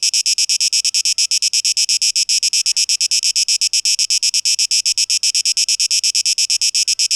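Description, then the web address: Cicada produces a shrill, rasping pulse of quick regular beats, sustained without pause at constant loudness. Tape echo mix, 12 August 2023. "rauschpartikel Audio 2023-08-12 Zikaden"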